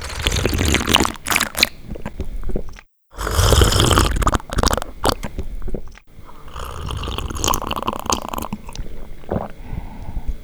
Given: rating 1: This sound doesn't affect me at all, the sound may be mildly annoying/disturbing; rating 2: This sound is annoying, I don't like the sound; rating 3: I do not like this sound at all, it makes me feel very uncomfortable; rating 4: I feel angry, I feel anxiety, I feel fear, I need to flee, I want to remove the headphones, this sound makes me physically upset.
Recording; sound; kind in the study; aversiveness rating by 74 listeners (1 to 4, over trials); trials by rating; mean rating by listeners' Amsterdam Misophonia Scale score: sound for misophonia research; slurping; misophonia trigger; mean 2.74, standard deviation 0.95; 27 rated 1, 99 rated 2, 92 rated 3, 76 rated 4; 2.08 (sub-clinical, 0 to 4), 2.69 (mild, 5 to 9), 3.30 (moderate, 10 to 14), 3.67 (severe or extreme, 15 or more)